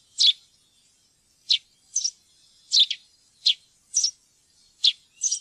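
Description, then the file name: Eurasian tree sparrow chirps: short, high chirps, some doubled, repeated at an irregular pace. "pilfink"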